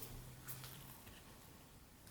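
The second tire on a plastic Transformers Masterpiece Inferno MP-33 figure is handled and folded in so its tabs will catch on small spurs. Quiet plastic handling plays over a low hum, and a brief louder burst of handling noise comes at about 2.1 s. The clip ends before the tire goes home, so nothing has seated or clicked yet.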